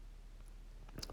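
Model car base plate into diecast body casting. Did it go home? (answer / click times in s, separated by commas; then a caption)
yes / 1.0 s, 1.1 s. The metal base plate with its wheels is pushed into the diecast body of a Matchbox Super Kings Sierra XR4i model car. After faint ticks at about 0.5 and 0.9 seconds, a sharp clunk-click sounds at 1.0 and 1.1 seconds as the plate clips in. It is seated, nice and solid.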